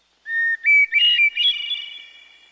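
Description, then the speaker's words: Hermit thrush song: a clear sustained opening whistle, then a rising series of fluty, slightly ringing phrases that trail off into a fading shimmer. Song that many people say puts them in a good mood. "Many people would tell you that hearing bird song, like the one from this hermit thrush, puts them in a good mood."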